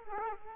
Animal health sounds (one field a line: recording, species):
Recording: mosquito wingbeat signal from an infrared sensor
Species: Culex quinquefasciatus